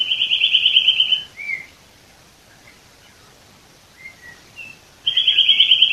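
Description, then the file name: Eurasian nuthatch: a quick run of clear, high piping notes, a few soft chirps, then another fast trill starting. "Sitta europaea"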